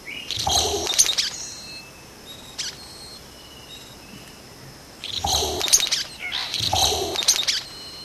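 Vogelkop bowerbird giving harsh, rasping, noisy bursts, one early and two more after a quiet gap, with faint high whistles in between.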